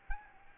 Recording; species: mosquito wingbeat signal from an infrared sensor; Aedes albopictus